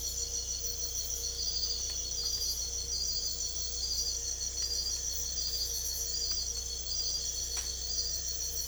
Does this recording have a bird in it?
no